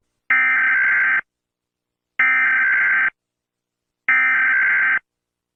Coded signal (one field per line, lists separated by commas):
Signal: Emergency Alert System (SAME) tones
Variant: header bursts